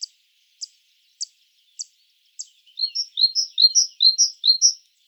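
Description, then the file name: Great tit calling: five sharp, very high ticks spaced just over half a second apart, then a quick run of bright chirping notes, with no other sounds audible. "Parus major"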